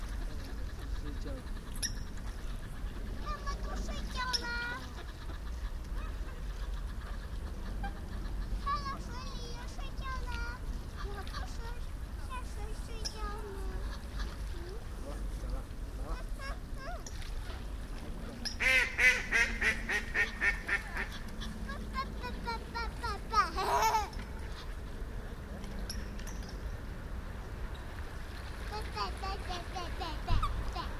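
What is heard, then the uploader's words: Gulls, ducks and coots call over a steady low rumble of open-air background, with frequent overlapping squawks, quacks and chatter throughout. Splashing bursts of bathing water rise around 19 to 21 seconds and again near 24 seconds. Meeuwen, eenden en meerkoeten baden massaal in het enige niet bevroren deel van de Hofvijfer. Seagulls, ducks and coots are bathing in the only part of the Hofvijfer that wasn't frozen.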